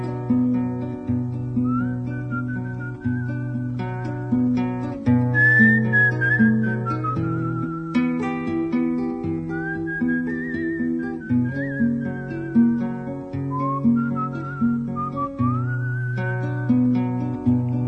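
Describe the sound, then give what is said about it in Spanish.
A person whistles a wandering, sliding melody in short phrases over a steady instrumental backing of low sustained chords and bass notes, the tune rising and falling throughout. “y yo quedé con los perros chiflando pa' no pensar.”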